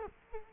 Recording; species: mosquito wingbeat signal from an infrared sensor; Culex quinquefasciatus